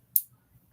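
The tongue of a pre-owned piece of jewelry's clasp is pushed into its box catch and shuts with one sharp, loud, bright high-pitched click at 0.2 s over a faint low hum. The clasp closes securely, and its safety chain is in good condition.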